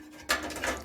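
A metal HDD/SSD bracket is moved to a new position inside a Fractal Design North Mesh PC case and set down onto the mounting points. After a quiet stretch, sharp contact clicks sound at 0.3 s and 0.6 s as it locks into the case mount. The bracket is seated and held in place.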